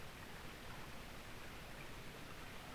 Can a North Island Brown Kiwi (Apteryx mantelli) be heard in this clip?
no